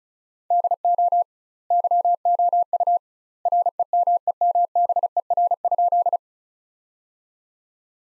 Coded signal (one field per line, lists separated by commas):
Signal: Morse code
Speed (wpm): 34 wpm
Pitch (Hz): 700 Hz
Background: none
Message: DO YOU REMEMBER?